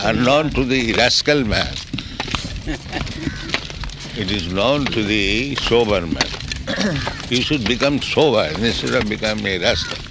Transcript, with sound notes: It is unknown to the rascal man. [laughter] It is known to the sober man. He should become sober instead of becoming a rascal.